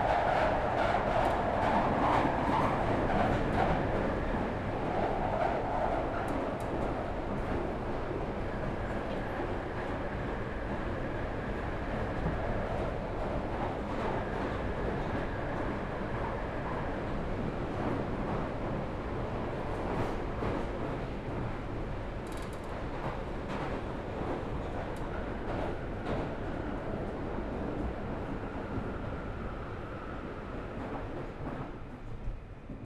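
An empty Underground train rolls on with a steady, dense low rumble and rattle that barely changes across the whole stretch. A faint whine sits above the roar, stronger in the first few seconds, and scattered sharp clicks and clanks break through around the middle and later.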